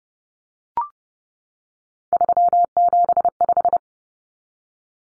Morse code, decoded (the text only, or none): 375